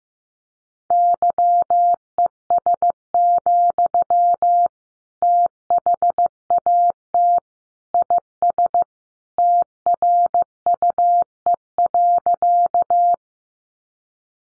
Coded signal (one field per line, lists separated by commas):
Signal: Morse code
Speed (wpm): 15 wpm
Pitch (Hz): 700 Hz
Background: none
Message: YES, THAT IS TRUE.